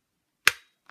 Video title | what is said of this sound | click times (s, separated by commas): How to make an ethernet switch | but anyway when you click it in it'll make that sound when you've done it | 0.5 s